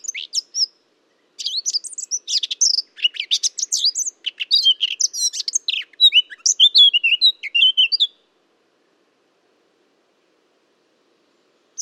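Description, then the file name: Eurasian blackcap giving a rapid, scratchy warble of high chattering notes for about eight seconds, then a pause before a brief note at the end; no other sounds. "Sylvia atricapilla"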